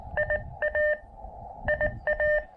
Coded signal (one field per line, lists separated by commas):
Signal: Morse code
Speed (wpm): 20 wpm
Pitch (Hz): 600 Hz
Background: none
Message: IA IA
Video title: Gazebo POTA Portable! A quick hike & speedy QRP POTA activation with the Elecraft KX2